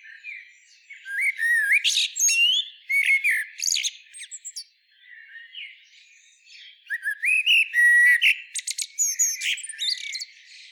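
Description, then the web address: Common blackbird song, two fluty warbled phrases separated by a short lull, each finishing with squeaky, rapid high notes. "SETE data Turdus merula"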